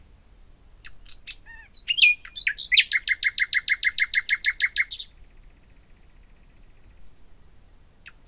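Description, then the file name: Common nightingale song: scattered whistles lead into a fast, steady run of repeated loud throbbing notes, then a faint high whistle follows the quiet gap. "Luscinia megarhynchos"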